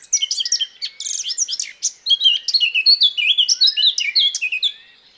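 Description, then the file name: Eurasian blackcap song, a rapid, dense warble of varied high chirps and fluty slurred notes pouring out without a break for about five seconds. "Sylvia atricapilla"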